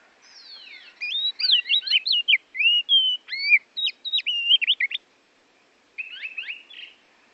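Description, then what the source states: Oriental magpie-robin song: a rapid run of varied whistled notes, slurs and chirps, then an one-second pause and a short final burst of sharp notes. Kacer from Borneo; recording used as masteran, a tutor recording for training songbirds.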